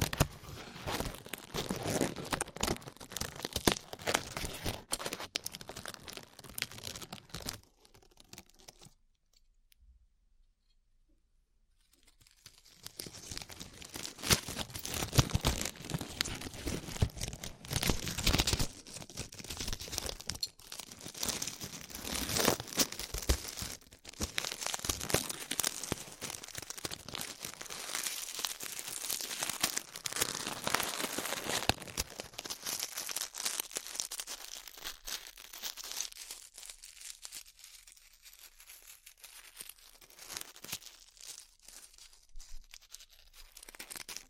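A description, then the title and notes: Glue being peeled off skin makes dense, crackling, tearing sounds that run almost continuously, bright and sticky with rapid irregular snaps. A near-silent gap falls around 9 to 12 seconds, and the crackling thins out and softens over the last ten seconds. ASMR Peeling Glue Off Your Ears (No Talking).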